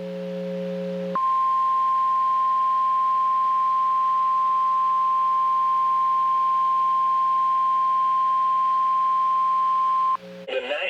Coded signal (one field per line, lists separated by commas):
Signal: Emergency Alert System (SAME) tones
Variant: 1050 Hz attention tone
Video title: Severe Thunderstorm Warning (EAS #752)